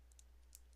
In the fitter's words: And that locks in.